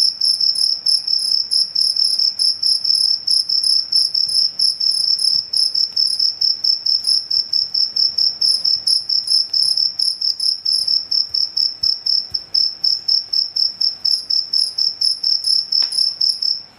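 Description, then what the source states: Cricket giving continuous high, pulsed chirps at a steady pace of about two per second, with faint background noise. Cricket chirping played as a sound to repel mosquitoes, insects and rats.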